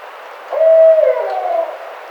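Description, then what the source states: Barred owl giving a single hoot of about one second over faint background hiss. Recorded on 18 April 2009.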